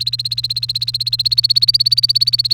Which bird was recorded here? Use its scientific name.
Serinus canaria